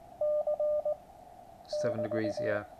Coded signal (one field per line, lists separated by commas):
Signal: Morse code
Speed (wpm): 19 wpm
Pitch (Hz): 600 Hz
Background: speech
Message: C <BT>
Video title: The QRP Labs QCX Morse Code Radio Kit.